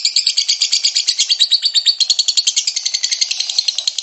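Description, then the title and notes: Lovebird chattering song, quick repeated shrill notes in a continuous high rattle, slightly uneven in rhythm throughout. Lovebird ngekek song, described as long and used as a bait song (kicau pancingan) to prompt other lovebirds to sing. "Master Kicau Lovebird ngekek, kicau pancingan"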